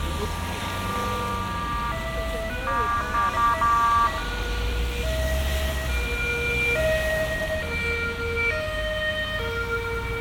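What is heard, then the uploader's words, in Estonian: An ambulance passes with its two-tone siren alternating steadily between a higher and a lower pitch throughout. A deep engine and road rumble sits underneath, swelling around the middle as the vehicle draws closest, then easing slightly as it moves on. Kiirabi auto möödumine. Salvestatud Sennheiser Ambeo kõrvaklappidega.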